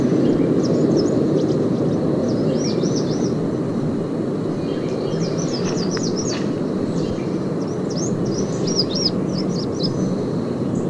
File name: American Redstart